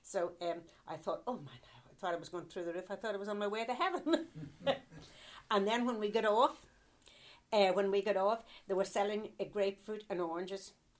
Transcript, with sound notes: So em, I thought, oh my now, I thought I was goin' through the roof. I thought I was on my way to heaven. (they chuckle) And then when we got off, eh, when we got off, they were selling grapefruit and oranges